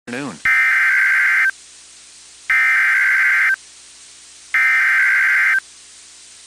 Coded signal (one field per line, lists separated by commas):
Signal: Emergency Alert System (SAME) tones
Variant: header bursts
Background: speech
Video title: WWG83 IND Severe Thunderstorm Warning EAS #96 (3/4/26)